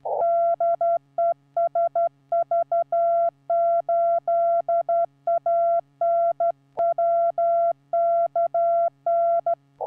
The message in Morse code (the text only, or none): DE SV8ANW KN